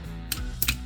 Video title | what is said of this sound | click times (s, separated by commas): Patriot Prime Reviews the TFCON Baltimore Exclusive, Obsidian Commander. | There's the click, and there we have the commander all combined. | 0.3 s, 0.6 s